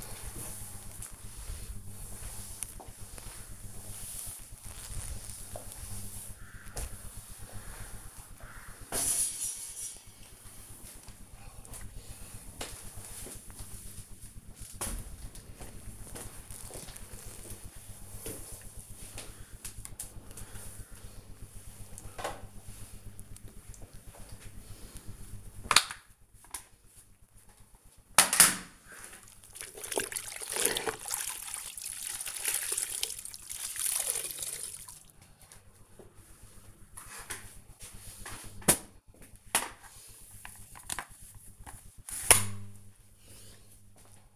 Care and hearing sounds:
household activities, microphone on the right wrist
0.00-19.18 s: floor cleaning
27.24-44.36 s: floor cleaning

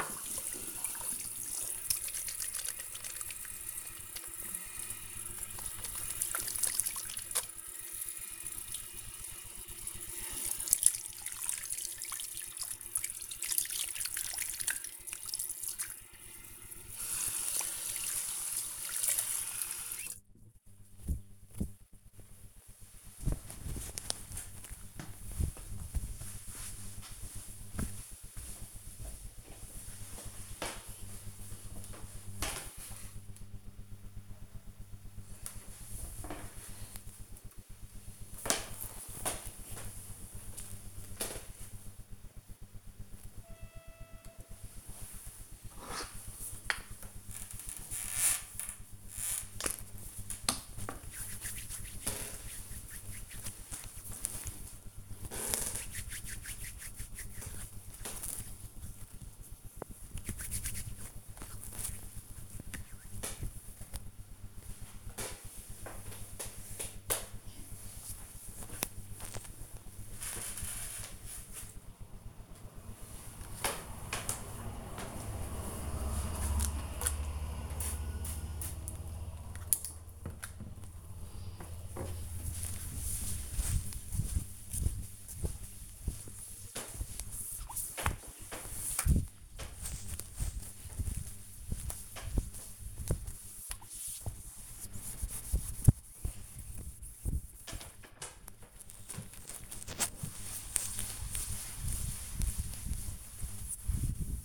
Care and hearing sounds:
household activities, microphone on the right wrist
0.00-22.05 s: washing hands
44.19-63.30 s: cream hands
72.36-104.45 s: window cleaning

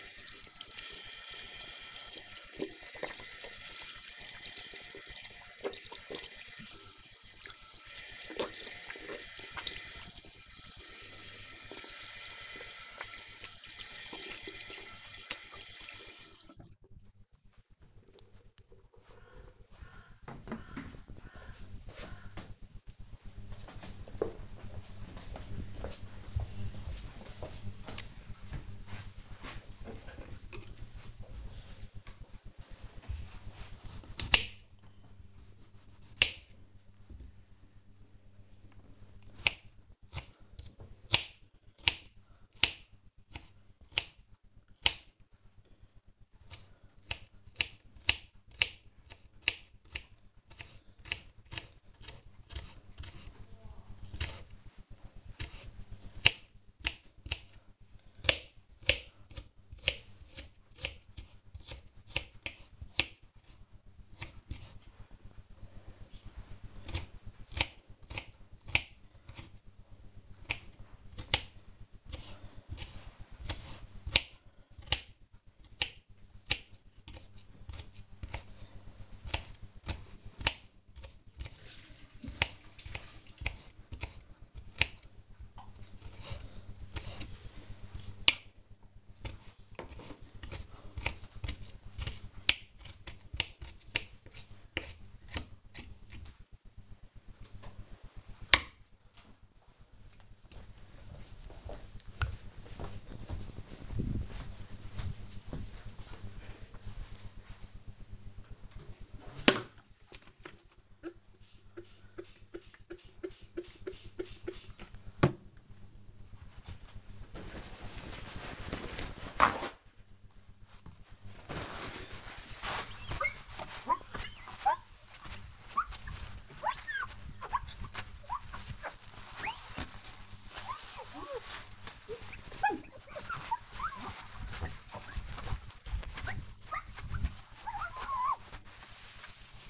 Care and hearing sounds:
household activities, microphone on the right wrist
0.00-17.19 s: washing hands
31.31-96.71 s: cutting vegetables
49.46 s: note: voice?
107.79-139.70 s: window cleaning

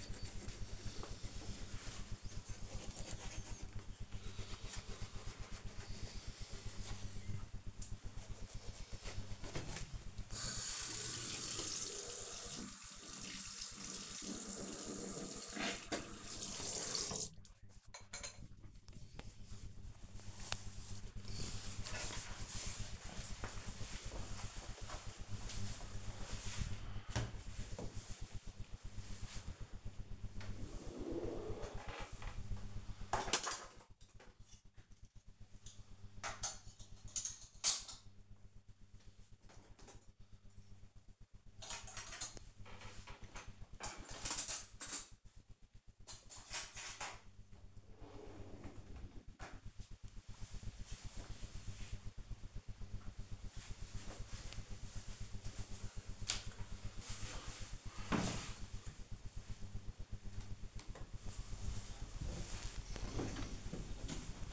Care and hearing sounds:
household activities, microphone on the right wrist
0.00-18.14 s: brushing teeth
60.35-64.53 s: putting away the dishes

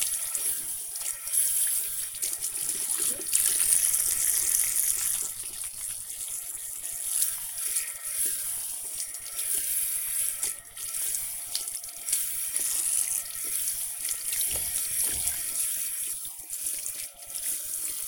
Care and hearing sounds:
household activities, microphone on the right wrist
0.00-18.08 s: washing hands

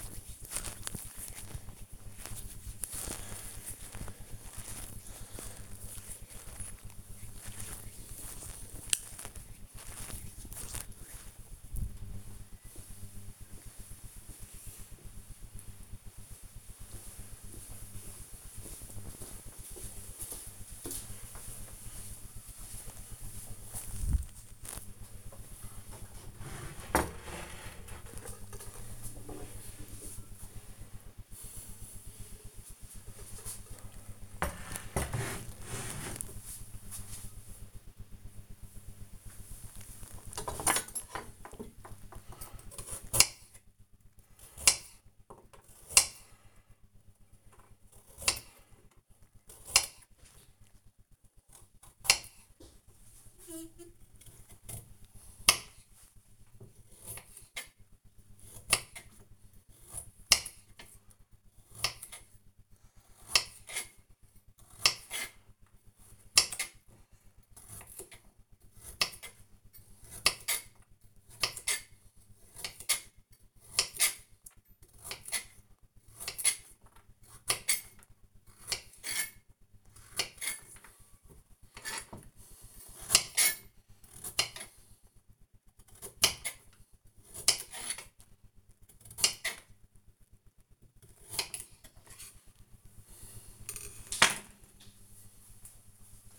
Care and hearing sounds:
household activities, microphone on the right wrist
0.00-11.60 s: cream hands
39.81-93.23 s: cutting vegetables

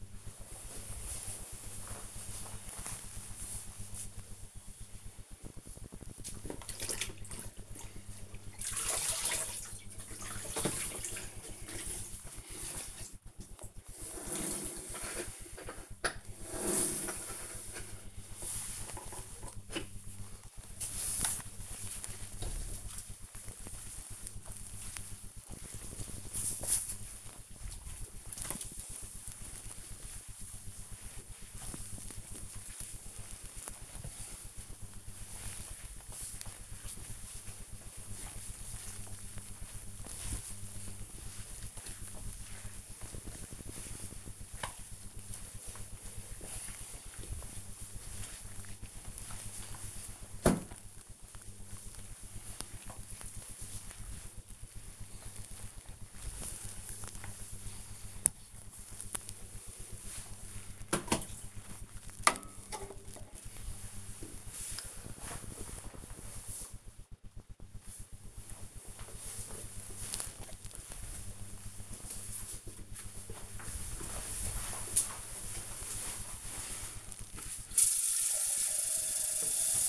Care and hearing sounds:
household activities, microphone on the right wrist
3.30-58.71 s: floor cleaning
70.78-79.89 s: watering plant

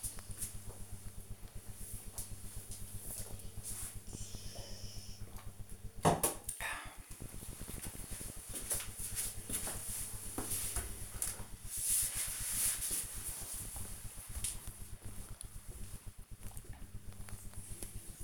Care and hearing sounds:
household activities, microphone on the right wrist
0.00-5.23 s: drinking

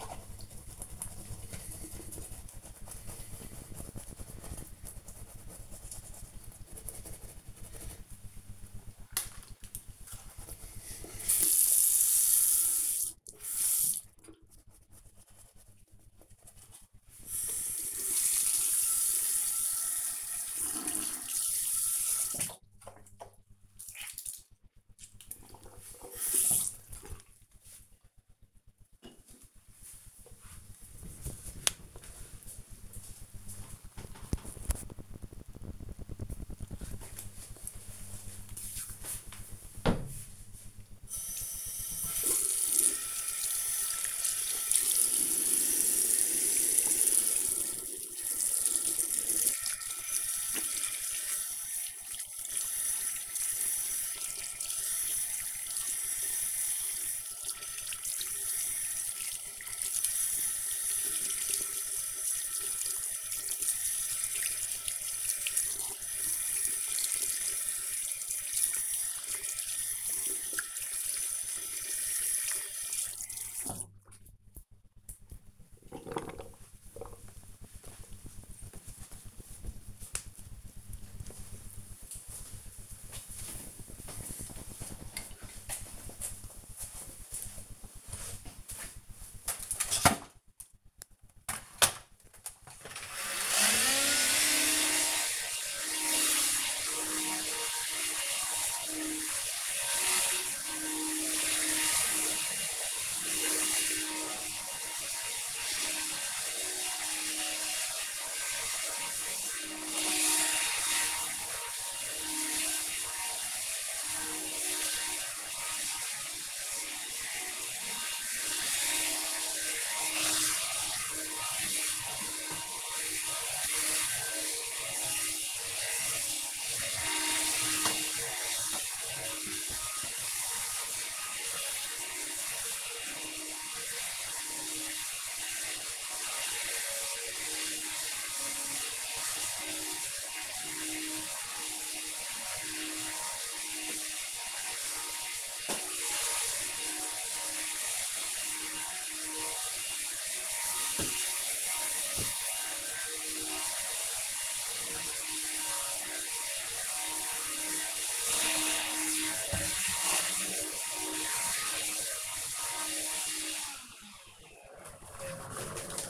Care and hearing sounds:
household activities, microphone on the right wrist
0.00-26.66 s: brushing teeth
41.75-74.96 s: washing hands
91.06-164.52 s: vacuum cleaning

